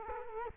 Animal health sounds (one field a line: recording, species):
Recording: mosquito wingbeat signal from an infrared sensor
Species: Culex quinquefasciatus